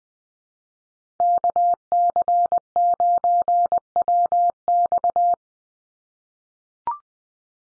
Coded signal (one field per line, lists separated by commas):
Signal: Morse code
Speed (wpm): 20 wpm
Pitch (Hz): 700 Hz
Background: none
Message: KC9WX